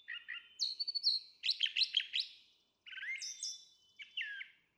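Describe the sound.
Brown Thrasher song with varied phrases: low chips, a high whistled note, rapid repeated notes, then slurred whistles, with short pauses.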